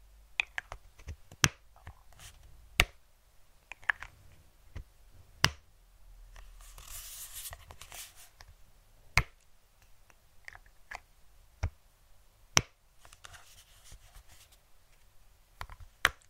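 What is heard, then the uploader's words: Dry snaps and taps land every second or so against quiet, with a soft rustling brush sweep around seven to eight seconds and another near thirteen. A low rumble sits underneath throughout, and no voice is heard. Fluffy Mic TRIGGERS. No Talking.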